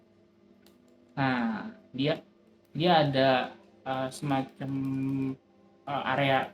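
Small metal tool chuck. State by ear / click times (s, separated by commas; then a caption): seated / 0.7 s. A hex screwdriver bit is inserted into the quick-release chuck of a TOTAL 8V cordless screwdriver (model TSDLI0801 or TSDLI08025) after its knob is pulled, then locked in place. A single short tick at 0.7 s marks the bit seating and locking into the chuck. Someone then talks.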